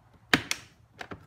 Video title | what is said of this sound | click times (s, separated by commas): Mercedes S-Class (W220): Side Mirror Rubber Gasket/Door Panel 2003-2006 | till it snaps off. | 0.3 s